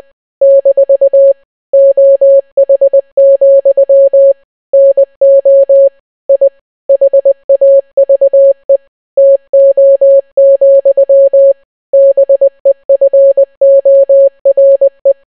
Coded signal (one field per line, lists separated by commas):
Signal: Morse code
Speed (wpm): 20 wpm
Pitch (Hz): 550 Hz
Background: none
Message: - OH, NO I HAVE TO, BEFORE